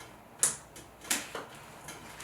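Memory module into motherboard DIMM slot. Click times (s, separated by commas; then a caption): 0.4 s, 1.1 s. A RAM memory module is pushed into a motherboard DIMM slot with even pressure on both ends. Sharp snaps sound at 0.4 s and 1.1 s, with a fainter tick between them. The retaining arm snaps up and the module is seated.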